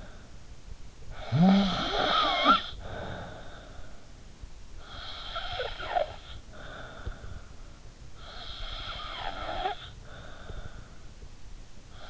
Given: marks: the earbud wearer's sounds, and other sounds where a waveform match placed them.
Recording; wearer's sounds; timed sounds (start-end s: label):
sounds in sleep by an in-ear microphone; snoring breath
0.00-12.09 s: snoring breath